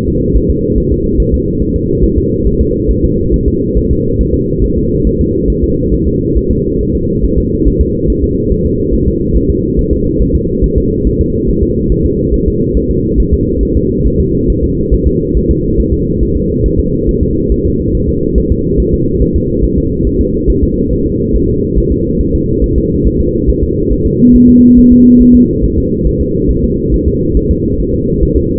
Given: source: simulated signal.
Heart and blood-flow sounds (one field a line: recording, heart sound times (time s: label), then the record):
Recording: fetal heart sounds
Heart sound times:
0.09 s: S2
0.37 s: S1
0.50 s: S2
0.78 s: S1
0.92 s: S2
1.20 s: S1
1.34 s: S2
1.62 s: S1
1.76 s: S2
2.04 s: S1
2.18 s: S2
2.47 s: S1
2.61 s: S2
2.91 s: S1
3.04 s: S2
3.34 s: S1
3.48 s: S2
3.77 s: S1
3.91 s: S2
4.21 s: S1
4.34 s: S2
4.64 s: S1
4.78 s: S2
5.07 s: S1
5.21 s: S2
5.50 s: S1
5.64 s: S2
5.94 s: S1
6.07 s: S2
6.37 s: S1
6.51 s: S2
6.81 s: S1
6.95 s: S2
7.25 s: S1
7.38 s: S2
7.68 s: S1
7.81 s: S2
8.10 s: S1
8.24 s: S2
8.52 s: S1
8.66 s: S2
8.94 s: S1
9.08 s: S2
9.37 s: S1
9.50 s: S2
9.79 s: S1
9.93 s: S2
10.22 s: S1
10.35 s: S2
10.64 s: S1
10.78 s: S2
11.07 s: S1
11.21 s: S2
11.49 s: S1
11.63 s: S2
11.92 s: S1
12.06 s: S2
12.34 s: S1
12.48 s: S2
12.77 s: S1
12.91 s: S2
13.20 s: S1
13.34 s: S2
13.63 s: S1
13.77 s: S2
14.07 s: S1
14.20 s: S2
14.50 s: S1
14.64 s: S2
14.94 s: S1
15.07 s: S2
15.37 s: S1
15.51 s: S2
15.80 s: S1
15.94 s: S2
16.23 s: S1
16.37 s: S2
16.66 s: S1
16.80 s: S2
17.09 s: S1
17.23 s: S2
17.52 s: S1
17.66 s: S2
17.95 s: S1
18.09 s: S2
18.38 s: S1
18.52 s: S2
18.80 s: S1
18.94 s: S2
19.22 s: S1
19.36 s: S2
19.65 s: S1
19.78 s: S2
20.07 s: S1
20.21 s: S2
20.50 s: S1
20.63 s: S2
20.93 s: S1
21.06 s: S2
21.36 s: S1
21.49 s: S2
21.79 s: S1
21.92 s: S2
22.21 s: S1
22.35 s: S2
22.64 s: S1
22.78 s: S2
23.07 s: S1
23.20 s: S2
23.50 s: S1
23.63 s: S2
23.93 s: S1
24.06 s: S2
24.36 s: S1
24.49 s: S2
24.79 s: S1
24.92 s: S2
25.21 s: S1
25.35 s: S2
25.64 s: S1
25.78 s: S2
26.07 s: S1
26.21 s: S2
26.51 s: S1
26.64 s: S2
26.94 s: S1
27.08 s: S2
27.37 s: S1
27.51 s: S2
27.80 s: S1
27.94 s: S2
28.23 s: S1
28.37 s: S2
From the record:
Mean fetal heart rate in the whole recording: 140 bpm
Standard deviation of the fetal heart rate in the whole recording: 2 bpm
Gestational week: 34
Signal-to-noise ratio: -14.7 dB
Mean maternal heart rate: 72 bpm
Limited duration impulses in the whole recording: present